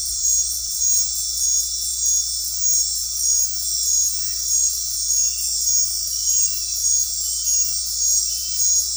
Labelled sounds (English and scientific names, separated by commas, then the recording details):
none
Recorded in dense forest near Puerto Asís, Putumayo, Colombia, on 13 March 2025 at 20:30
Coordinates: 0.503, -76.323
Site GP09